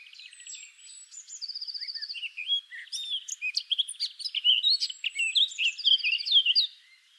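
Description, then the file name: Eurasian blackcap song, a fast scratchy warble of varied chirps and trills with quick repeated buzzy notes, rising toward louder clear phrases near the end. "Sylvia atricapilla"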